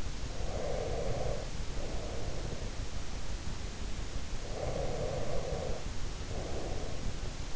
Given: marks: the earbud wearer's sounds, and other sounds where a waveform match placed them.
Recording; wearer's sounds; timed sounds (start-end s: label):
sounds in sleep by an in-ear microphone; breath
0.17-3.18 s: breath
4.33-7.56 s: breath